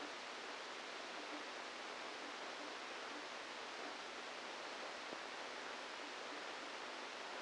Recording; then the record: brain microelectrode recording played as sound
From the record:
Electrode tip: inside the subthalamic nucleus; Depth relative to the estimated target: -2 mm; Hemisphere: left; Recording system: NeuroSet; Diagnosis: Parkinson's disease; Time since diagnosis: 27 years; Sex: male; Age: 62 years